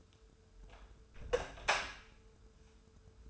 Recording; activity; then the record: daily activity, microphone in the room; close door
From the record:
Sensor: 2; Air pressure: 1015.0 hPa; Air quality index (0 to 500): 159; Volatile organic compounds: 8 ppm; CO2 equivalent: 2058 ppm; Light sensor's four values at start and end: 13/35/14/15 and 13/35/14/15